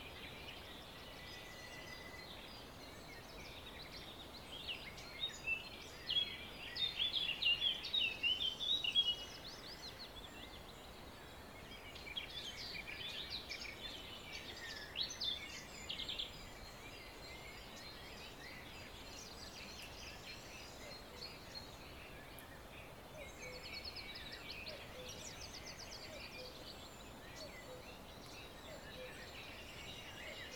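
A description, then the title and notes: Songbirds chatter over a steady, soft rushing wash of water and leaf rustle that fills the whole clip. The calls are thin and high, with a busier burst of quick twittering around six to nine seconds and scattered chirps near fifteen and twenty-four seconds. The forest comes alive with the melodic chatter of songbirds. A gentle breeze rustles the leaves overhead, creating a soft murmur. Delicate notes of songbirds blending seamlessly with the soft rustle of leaves and the distant murmur of a babbling brook.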